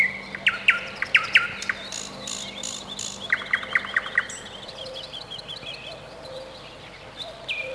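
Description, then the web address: Nightingale song: short repeated sharp notes and brief rattling phrases separated by pauses. Spring. "vremena vesna 26 solovei"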